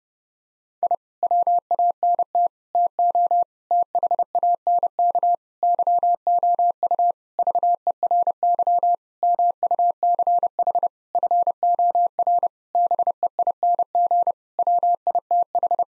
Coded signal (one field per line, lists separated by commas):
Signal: Morse code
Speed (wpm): 30 wpm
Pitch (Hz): 700 Hz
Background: none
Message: I WANT TO THANK YOU VERY MUCH FOR BEING WITH